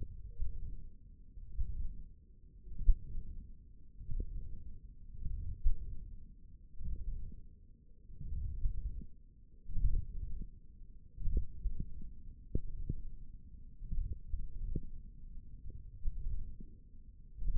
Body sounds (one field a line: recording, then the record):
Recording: forearm muscle sounds (acoustic myography)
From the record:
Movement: hook grip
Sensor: system 1, eight BSWA MPA416 microphones around the upper forearm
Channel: 1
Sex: male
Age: 20 years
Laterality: left